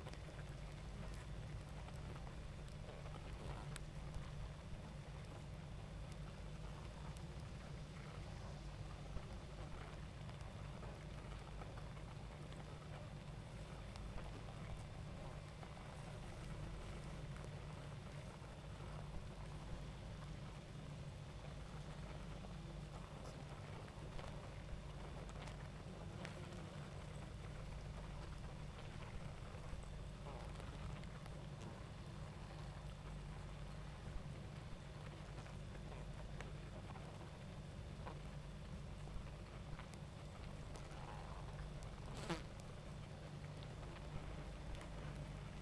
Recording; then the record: honeybee colony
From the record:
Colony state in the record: active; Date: 28 July 2017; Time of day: 21:23